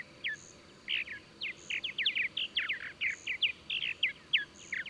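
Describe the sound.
Bird chirps tumble out rapidly and almost without pause, bright short notes in an even run, with a constant high-pitched hum and faint periodic pulses behind them.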